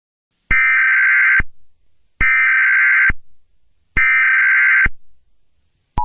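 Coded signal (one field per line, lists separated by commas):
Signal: Emergency Alert System (SAME) tones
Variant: header bursts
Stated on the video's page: Fictional EAS scenario about a nationwide hurricane.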